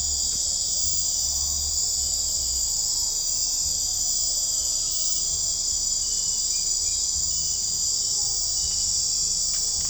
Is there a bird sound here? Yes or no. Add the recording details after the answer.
yes. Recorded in dense forest near Puerto Asís, Putumayo, Colombia, on 15 December 2024 at 00:00. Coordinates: 0.499, -76.324. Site G045